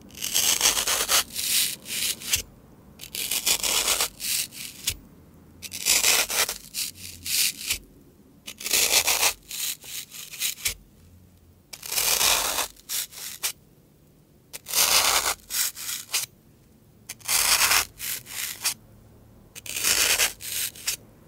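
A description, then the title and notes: Floral foam is crunched and scraped in repeated bursts, each lasting about one to two seconds, with short quiet gaps between them. The sound is bright and gritty, a dense crackling rasp. Roughly a dozen bursts come at a fairly steady pace. Floral Foam (Crunchy Sounds).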